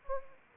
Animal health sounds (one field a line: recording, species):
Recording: mosquito wingbeat signal from an infrared sensor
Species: Anopheles arabiensis